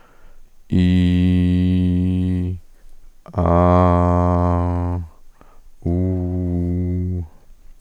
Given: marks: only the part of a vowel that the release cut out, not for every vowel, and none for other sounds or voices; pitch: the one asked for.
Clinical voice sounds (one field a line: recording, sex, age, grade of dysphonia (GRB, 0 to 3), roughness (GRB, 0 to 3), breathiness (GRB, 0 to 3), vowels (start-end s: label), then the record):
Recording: sustained vowels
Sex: male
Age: 50 to 59 years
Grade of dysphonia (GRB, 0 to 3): 1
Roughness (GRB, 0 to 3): 1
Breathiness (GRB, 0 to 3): 0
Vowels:
0.87-2.34 s: vowel /i/, low pitch
3.94-4.90 s: vowel /a/, low pitch
5.97-7.04 s: vowel /u/, low pitch
From the record:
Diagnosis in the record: cordectomy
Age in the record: 52 years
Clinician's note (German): Zustand nach partieller Chordektomie